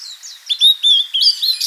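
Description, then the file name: Blue-and-white flycatcher song: a brief phrase of clear, high whistled notes, some sliding and some held, given in quick succession. "Cyanoptila cyanomelana"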